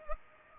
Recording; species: mosquito wingbeat signal from an infrared sensor; Culex pipiens